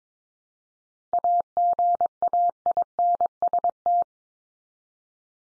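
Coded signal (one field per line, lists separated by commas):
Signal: Morse code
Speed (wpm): 22 wpm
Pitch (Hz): 700 Hz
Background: none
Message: AGAINST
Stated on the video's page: Top 500 English words at 22 wpm, each sent three times in Morse, then spoken, then sent again, for head-copy practice.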